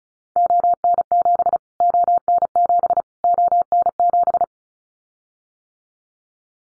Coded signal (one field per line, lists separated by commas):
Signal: Morse code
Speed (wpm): 34 wpm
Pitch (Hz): 700 Hz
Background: none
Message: ON7 ON7 ON7